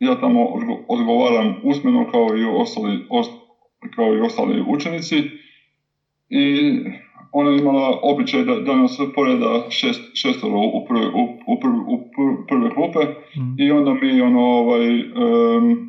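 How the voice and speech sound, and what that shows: Adult male Croatian speech with word and part-word repetitions, restarts and fillers, showing residual stuttering-type disfluency in a scientist who overcame stuttering, having had problems with stuttering until about age twenty.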